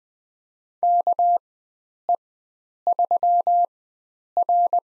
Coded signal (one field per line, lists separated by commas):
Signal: Morse code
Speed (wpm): 20 wpm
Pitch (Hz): 700 Hz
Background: none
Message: KE3R